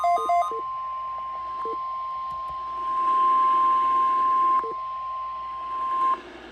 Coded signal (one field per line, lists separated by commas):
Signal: Emergency Alert System (SAME) tones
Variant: 1050 Hz attention tone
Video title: (EAS 1,005) Shearon Harris Nuclear Plant Required Weekly Test - 11/13/24